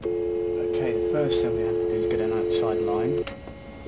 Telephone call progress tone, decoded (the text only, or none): dial tone